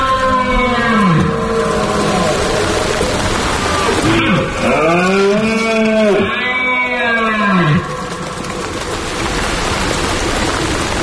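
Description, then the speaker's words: Red deer roaring: deep, drawn-out bellows that rise and fall, repeated a few times over a constant loud hiss of background noise. Rutting roar (berrea) heard from September until well into October, at summer's end and autumn's start; recorded in Monfragüe. "Bueno, de hecho, esta berrea está grabada en Monfragüe, este sonido."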